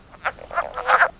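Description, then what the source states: Wood frog calls: short, hoarse clucking croaks, several in quick succession, duck-like in tone. Shows up in vernal pools in early spring.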